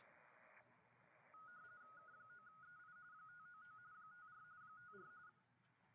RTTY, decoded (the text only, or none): K9EI 599 54 54